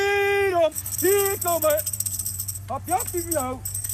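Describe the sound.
A tambourine is shaken to lure back an escaped pet raven named Freedom, a steady, busy jingle of bright metallic shimmer, running beneath loud, gliding voiced calls that rise and fall in short bursts.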